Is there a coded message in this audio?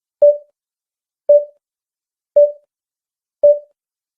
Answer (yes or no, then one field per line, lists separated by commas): no